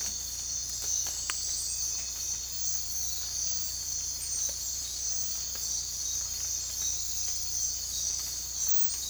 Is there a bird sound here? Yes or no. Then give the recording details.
no. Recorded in dense forest near Puerto Asís, Putumayo, Colombia, on 16 December 2024 at 04:30. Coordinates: 0.466, -76.327. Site G075